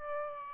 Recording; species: mosquito wingbeat signal from an infrared sensor; Aedes albopictus